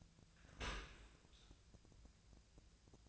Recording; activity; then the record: daily activity, microphone in the room; open dishwasher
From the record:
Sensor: 2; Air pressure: 1000.3 hPa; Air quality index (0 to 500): 167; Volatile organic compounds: 3 ppm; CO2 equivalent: 1384 ppm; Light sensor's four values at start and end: 12/32/12/14 and 11/32/12/14